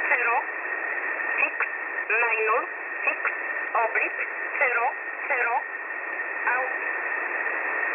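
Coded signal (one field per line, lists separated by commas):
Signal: numbers station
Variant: E11 Oblique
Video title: E11 Oblique 03/10/2022 1045 UTC 7317kHz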